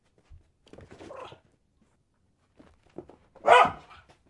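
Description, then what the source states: Dog making a soft grumbling bark, then a louder sharp bark after a short pause. Dog barking while playing fetch.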